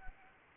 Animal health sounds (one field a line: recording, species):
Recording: mosquito wingbeat signal from an infrared sensor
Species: Anopheles arabiensis